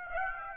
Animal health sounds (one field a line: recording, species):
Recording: mosquito wingbeat signal from an infrared sensor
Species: Aedes aegypti